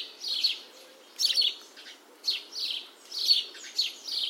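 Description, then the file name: House sparrow chirping: several bursts of harsh, bright chirps, irregularly spaced. "Passer domesticus"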